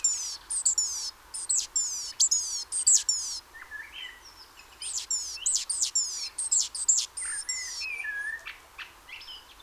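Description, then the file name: Great tit giving repeated runs of piercing high downslurred notes and crisp ticks, pausing midway, with scattered lower chirps between the runs. "Parus major"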